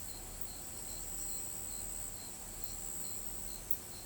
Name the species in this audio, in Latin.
none